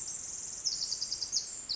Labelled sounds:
Pacific Wren
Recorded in Sonoma County, California

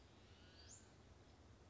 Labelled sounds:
Western Flycatcher
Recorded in Sonoma County, California

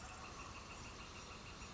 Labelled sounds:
Northern Flicker
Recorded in Sonoma County, California

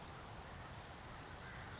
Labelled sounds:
California Towhee
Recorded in Sonoma County, California

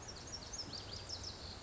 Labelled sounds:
Lazuli Bunting
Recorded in Sonoma County, California

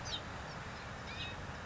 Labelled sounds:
House Finch
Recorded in Sonoma County, California

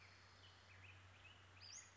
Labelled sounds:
Western Flycatcher
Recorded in Sonoma County, California

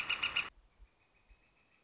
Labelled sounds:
Northern Flicker
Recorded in Sonoma County, California

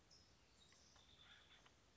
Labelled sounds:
California Towhee
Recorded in Sonoma County, California

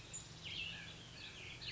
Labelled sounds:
Cassin's Vireo
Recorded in Sonoma County, California

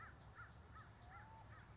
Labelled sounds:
American Crow
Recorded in Sonoma County, California

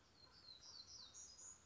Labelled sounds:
Black-throated Gray Warbler
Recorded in Sonoma County, California

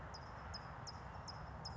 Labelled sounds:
California Towhee
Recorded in Sonoma County, California

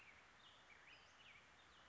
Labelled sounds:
Western Flycatcher
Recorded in Sonoma County, California

